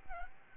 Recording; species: mosquito wingbeat signal from an infrared sensor; Aedes albopictus